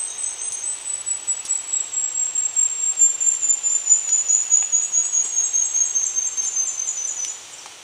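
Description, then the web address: Indigo flowerpiercer song: one long, very high, thin trill that slowly falls in pitch for about seven seconds. Recorded in Ecuador. "Birds of Ecuador Indigo Flowerpiercer"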